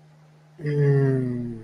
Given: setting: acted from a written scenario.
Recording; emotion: vocal sound without words; desire